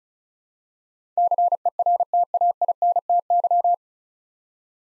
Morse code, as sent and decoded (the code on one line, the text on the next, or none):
-.-. . .-. - .- .. -. - -.--
CERTAINTY